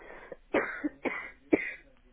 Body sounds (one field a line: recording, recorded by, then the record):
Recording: voluntary cough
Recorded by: telephone call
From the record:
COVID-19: positive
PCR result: self-reported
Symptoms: yes